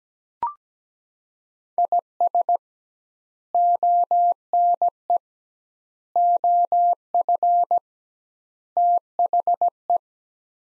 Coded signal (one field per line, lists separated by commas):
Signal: Morse code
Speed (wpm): 17 wpm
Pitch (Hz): 700 Hz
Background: none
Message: IS ONE OF THE